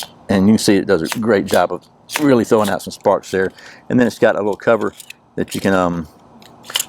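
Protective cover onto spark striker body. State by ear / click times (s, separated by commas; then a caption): seated / 6.8 s. Someone talks while folding the small plastic cover of a squeeze-type fire starter, the US Blast Match, down over its striker and ferro rod. The cover locks in place with a sharp click at 6.8 s, though it is unclear whether it fully latched.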